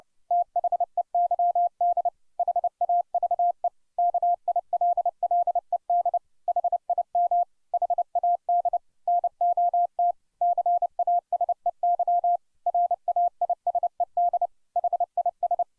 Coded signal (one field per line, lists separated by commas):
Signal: Morse code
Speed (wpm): 29 wpm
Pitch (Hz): 700 Hz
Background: none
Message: THEYD HAVE KILLED HIM HAD NOT CASEY RAISED HIS